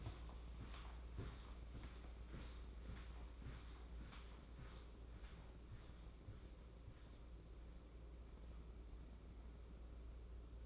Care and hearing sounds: daily activity, microphone in the room; walk to room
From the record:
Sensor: 1

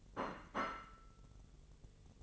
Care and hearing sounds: daily activity, microphone in the room; place plate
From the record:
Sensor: 4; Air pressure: 1002.9 hPa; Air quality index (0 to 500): 248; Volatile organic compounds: 20 ppm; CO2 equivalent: 2689 ppm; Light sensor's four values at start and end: 5/12/4/5 and 5/12/4/5

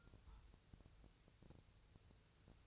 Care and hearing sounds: daily activity, microphone in the room; take from stove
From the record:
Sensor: 2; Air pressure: 999.2 hPa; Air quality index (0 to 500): 195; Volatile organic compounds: 27 ppm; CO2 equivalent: 2881 ppm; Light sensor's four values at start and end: 6/15/6/6 and 6/15/6/6

